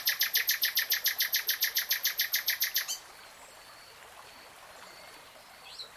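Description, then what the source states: Nightingale song: a very rapid, even rattle of many loud notes lasting about three seconds, then quiet with only faint soft whistles. Nightingale singing in real time.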